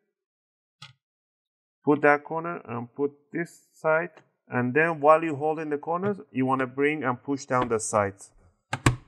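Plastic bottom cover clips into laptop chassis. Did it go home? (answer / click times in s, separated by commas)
yes / 8.7 s, 8.9 s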